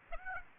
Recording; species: mosquito wingbeat signal from an infrared sensor; Aedes aegypti